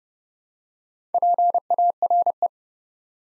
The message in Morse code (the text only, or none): PARE